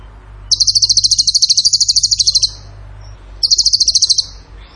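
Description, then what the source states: Bird singing two high, fast chattering trills of evenly spaced notes, the first about two seconds long, the second shorter. Training song (masteran) in the tembakan gacor style.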